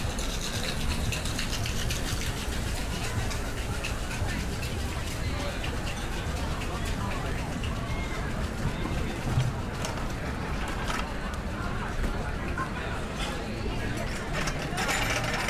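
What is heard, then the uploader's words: A dense crowd of tourists and shoppers fills an outdoor shopping area, with many overlapping voices merging into a steady murmur. The level hardly changes across the clip. A low hum of passing traffic sits underneath, and scattered clicks and footsteps punctuate the chatter. Covent Garden at Christmas | London. A vibrant binaural walk through Covent Garden at Christmas. Sounds of tourists and shoppers. Crowds of families gathering to enjoy the festive lights and street performers.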